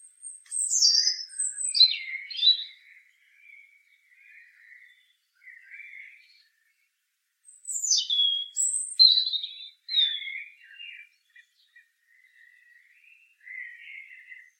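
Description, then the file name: European robin song: two phrases, each opening with sharp, very high notes and tumbling trills, then trailing off into quiet, lower warbles, with a silent gap between. "Erithacus rubecula"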